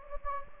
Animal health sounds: mosquito wingbeat signal from an infrared sensor; Anopheles gambiae

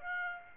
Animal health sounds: mosquito wingbeat signal from an infrared sensor; Aedes aegypti

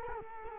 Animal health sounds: mosquito wingbeat signal from an infrared sensor; Culex quinquefasciatus

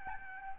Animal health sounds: mosquito wingbeat signal from an infrared sensor; Aedes albopictus

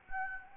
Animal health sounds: mosquito wingbeat signal from an infrared sensor; Anopheles gambiae

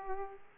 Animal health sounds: mosquito wingbeat signal from an infrared sensor; Aedes aegypti

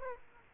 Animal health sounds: mosquito wingbeat signal from an infrared sensor; Aedes aegypti

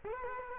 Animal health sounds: mosquito wingbeat signal from an infrared sensor; Culex quinquefasciatus

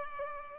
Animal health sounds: mosquito wingbeat signal from an infrared sensor; Culex pipiens

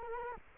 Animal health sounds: mosquito wingbeat signal from an infrared sensor; Culex quinquefasciatus

